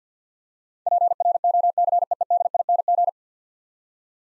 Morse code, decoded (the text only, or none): PROCEEDING